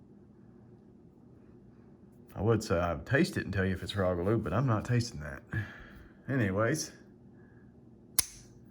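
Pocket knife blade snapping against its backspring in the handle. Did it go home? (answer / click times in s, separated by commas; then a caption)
yes / 8.2 s. Someone talks, then the blade of a Northwoods Fremont Jack slip-joint pocket knife is driven home by its backspring in the handle with one loud, sharp snap at 8.2 s. The blade seats firmly, and this knife is snappy compared with an earlier one.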